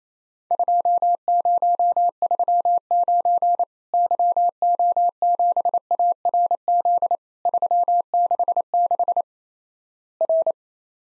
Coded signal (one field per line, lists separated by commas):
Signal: Morse code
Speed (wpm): 28 wpm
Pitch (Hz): 700 Hz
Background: none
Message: 2039 YO7ARZ 366 R